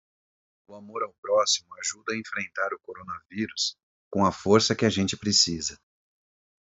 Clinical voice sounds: spoken sentence; Brazilian Portuguese; male; 40 to 49 years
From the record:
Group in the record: control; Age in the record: 44 years

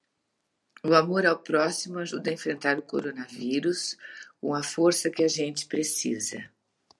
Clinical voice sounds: spoken sentence; Brazilian Portuguese; female; 60 to 69 years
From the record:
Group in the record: control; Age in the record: 64 years

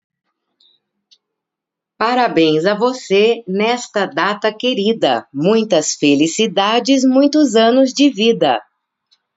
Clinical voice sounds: short text; Brazilian Portuguese; female; 50 to 59 years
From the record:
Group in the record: control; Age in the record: 50 years

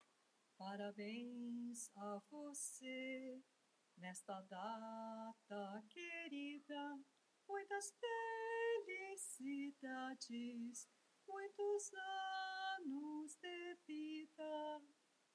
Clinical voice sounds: short text; Brazilian Portuguese; female; 60 to 69 years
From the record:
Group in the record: control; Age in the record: 68 years

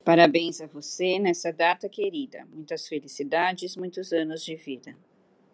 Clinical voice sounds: short text; Brazilian Portuguese; female; 40 to 49 years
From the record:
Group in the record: control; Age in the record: 46 years

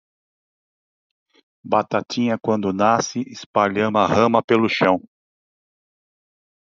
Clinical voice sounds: short text; Brazilian Portuguese; male; 50 to 59 years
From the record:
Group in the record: control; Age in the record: 53 years

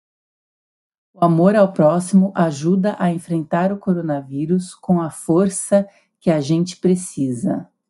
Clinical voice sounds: spoken sentence; Brazilian Portuguese; female; 40 to 49 years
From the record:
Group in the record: control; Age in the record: 44 years

